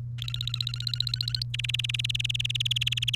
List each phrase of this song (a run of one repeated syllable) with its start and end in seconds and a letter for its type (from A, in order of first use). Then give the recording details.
0.18-1.43 A, 1.54-3.15 B. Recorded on 1 May 2018 at 12:15. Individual llb3